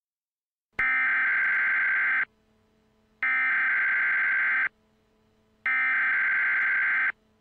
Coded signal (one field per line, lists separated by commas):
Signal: Emergency Alert System (SAME) tones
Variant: header bursts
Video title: Mock EAS alert